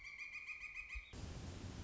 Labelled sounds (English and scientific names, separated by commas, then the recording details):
Pileated Woodpecker (Dryocopus pileatus)
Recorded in Sonoma County, California